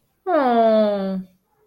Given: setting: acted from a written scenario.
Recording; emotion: vocal sound without words; adoration